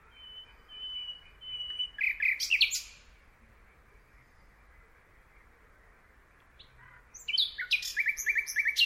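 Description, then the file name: Common nightingale singing: a long sustained whistle leading into a quick flourish, silence for about four seconds, then vigorous varied phrases with rapid repeated notes. "Luscinia megarhynchos"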